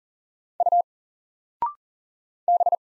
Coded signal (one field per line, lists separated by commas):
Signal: Morse code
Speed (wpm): 40 wpm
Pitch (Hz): 700 Hz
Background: none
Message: U B